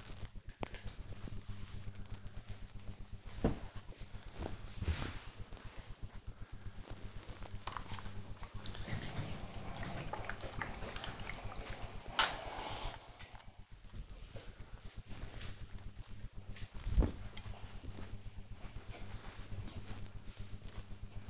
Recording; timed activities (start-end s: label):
household activities, microphone on the right wrist
0.00-21.30 s: ironing laundry